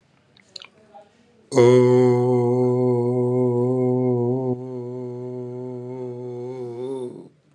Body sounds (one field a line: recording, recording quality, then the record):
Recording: sustained vowel as in boot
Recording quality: excellent, no background noise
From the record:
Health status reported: recovered from COVID-19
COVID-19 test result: positive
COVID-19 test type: RT-PCR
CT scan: not taken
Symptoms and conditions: diabetes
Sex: male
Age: 56 years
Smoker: yes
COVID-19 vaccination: both doses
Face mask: worn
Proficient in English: yes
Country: India